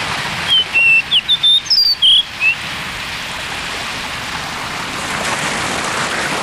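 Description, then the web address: Blue rock thrush song: a quick phrase of about eight clear whistled notes, some sliding up or down, lasting two seconds over steady hiss like rain or surf. "sikioto. isohiyodori"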